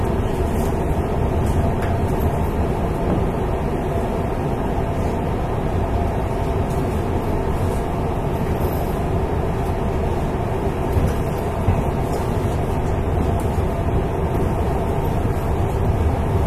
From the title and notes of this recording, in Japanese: 西日本鉄道 8000系電車の走行音です。この列車は、観光列車『水都』でした。It is running noise of Nishitetsu 8000 series train.I recorded on the express train of the Omuta Line.The section is from Fukuoka to Kurume.